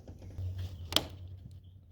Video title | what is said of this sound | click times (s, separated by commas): How to Replace Throttle Body/TPS on a Chevy Equinox | O-ring pops into place, should make that click like that. | 1.0 s